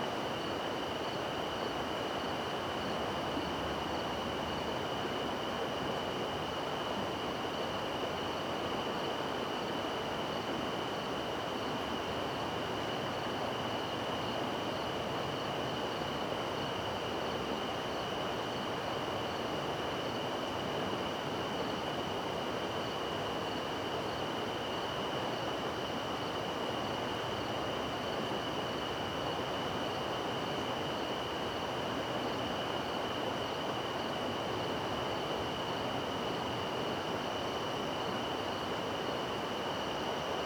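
A river at night gives a steady, dense rush of water that holds an even level from start to finish, with no distinct events. Above it, constant high, thin tones ring without pause, like night insects singing in the background.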